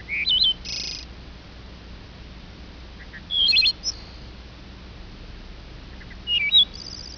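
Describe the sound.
Bird giving short high chirping phrases in three separate bursts a few seconds apart, over a constant low rumbling background noise.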